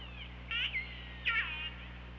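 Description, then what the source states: Killer whale calls: two short pulsed harmonic bursts with a gliding tonal tail, over steady low hum. Recorded by OrcaLab hydrophone on 24 August 2017 at 15:23:08.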